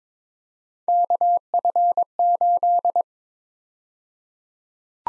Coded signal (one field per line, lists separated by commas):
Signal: Morse code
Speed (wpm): 23 wpm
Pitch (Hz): 700 Hz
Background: none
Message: KF8